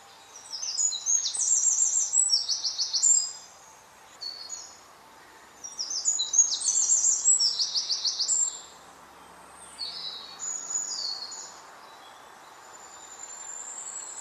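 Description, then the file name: Eurasian wren giving very high, rapid trilled bursts of tinkling notes in phrases a few seconds long, separated by short pauses, over faint background hiss. "Troglodytes troglodytes"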